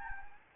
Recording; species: mosquito wingbeat signal from an infrared sensor; Anopheles gambiae